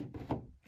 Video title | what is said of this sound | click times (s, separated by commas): M-T Creations Creates: Prj. 17 - Real Life Hooty! #theowlhouse | It clicks into place pretty nicely. | 0.3 s